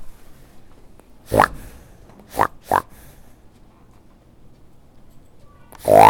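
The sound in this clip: Pig grunting in short rough oinks, three spaced bursts in the first three seconds and another starting at the very end, with quiet between.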